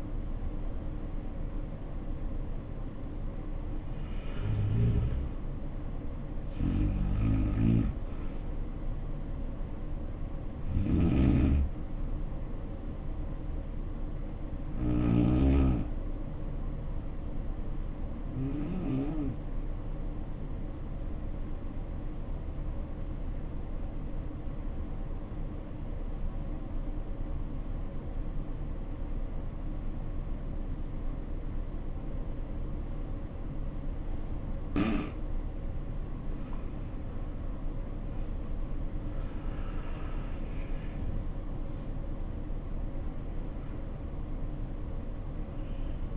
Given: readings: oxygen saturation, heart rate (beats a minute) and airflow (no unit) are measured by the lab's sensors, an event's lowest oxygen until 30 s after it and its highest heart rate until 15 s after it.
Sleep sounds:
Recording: breathing in sleep by a smartphone at the bedside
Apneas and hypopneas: 1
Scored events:
24.00-36.90 s: obstructive apnea (N2, oxygen 96% highest, then 75% lowest, heart rate 64 at the start, 83 highest)
30.00-46.17 s: new sleep stage, N1 (lightest sleep)
From the record:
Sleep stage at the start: N2 (light sleep)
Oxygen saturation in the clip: 75 to 96%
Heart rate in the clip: 58 to 83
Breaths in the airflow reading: 7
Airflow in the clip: -7.3 to 12.0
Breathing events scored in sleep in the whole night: 520 in 7.2 hours asleep

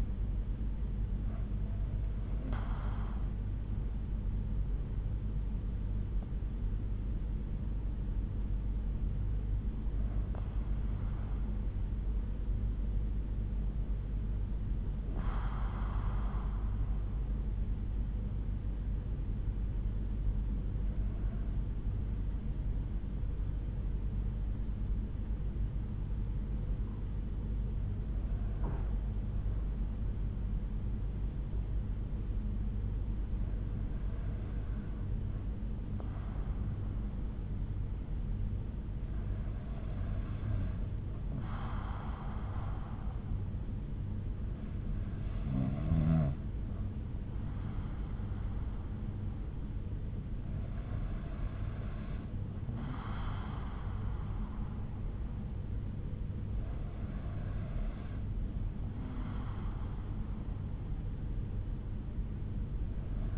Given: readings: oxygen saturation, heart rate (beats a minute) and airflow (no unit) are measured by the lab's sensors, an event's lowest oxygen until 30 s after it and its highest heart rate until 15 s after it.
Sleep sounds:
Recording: breathing in sleep by a smartphone at the bedside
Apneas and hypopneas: 1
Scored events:
22.00-44.70 s: hypopnea (N2, oxygen 96% highest, then 92% lowest)
From the record:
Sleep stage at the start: N2 (light sleep)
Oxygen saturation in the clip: 92 to 96%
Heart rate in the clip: 58 to 68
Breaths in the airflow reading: 10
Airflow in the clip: -7.1 to 6.1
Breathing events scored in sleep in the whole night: 368 in 8.0 hours asleep

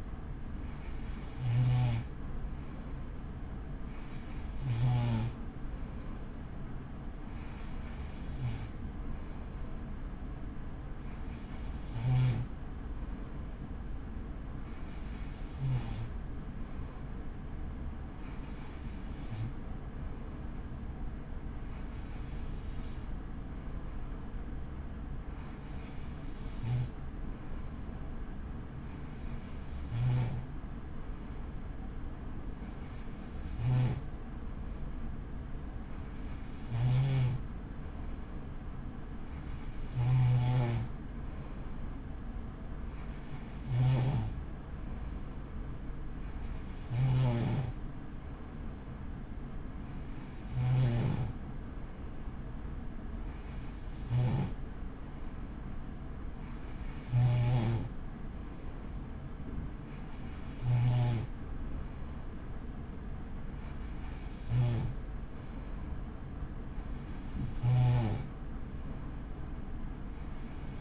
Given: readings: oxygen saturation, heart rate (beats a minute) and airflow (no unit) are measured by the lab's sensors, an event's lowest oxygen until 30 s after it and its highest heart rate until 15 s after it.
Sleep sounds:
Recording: breathing in sleep by a smartphone at the bedside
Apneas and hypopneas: none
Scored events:
none scored
From the record:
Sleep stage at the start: N3 (deep sleep)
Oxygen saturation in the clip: 93 to 94%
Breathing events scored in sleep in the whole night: 83 in 6.1 hours asleep

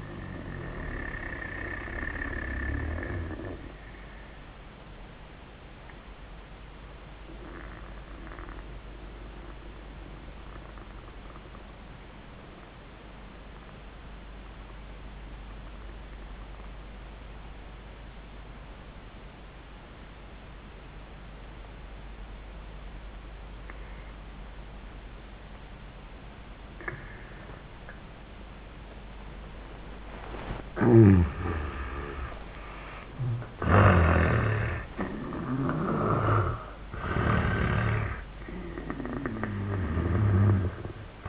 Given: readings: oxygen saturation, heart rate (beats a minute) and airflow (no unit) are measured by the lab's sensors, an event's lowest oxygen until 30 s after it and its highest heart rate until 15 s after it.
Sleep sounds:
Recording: breathing in sleep by a voice recorder at the bedside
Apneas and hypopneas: 1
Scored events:
4.00-31.90 s: obstructive apnea (N1, oxygen 96% highest, then 75% lowest, heart rate 81 at the start, 97 highest)
5.00-35.00 s: new sleep stage, N2 (light sleep)
35.00-41.29 s: new sleep stage, N1 (lightest sleep)
From the record:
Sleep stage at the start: N1 (lightest sleep)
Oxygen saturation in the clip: 77 to 96%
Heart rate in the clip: 74 to 100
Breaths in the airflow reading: 2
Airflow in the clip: -33.5 to 30.7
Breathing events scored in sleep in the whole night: 400 in 8.7 hours asleep

